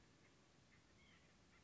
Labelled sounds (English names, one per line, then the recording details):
White-breasted Nuthatch
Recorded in Sonoma County, California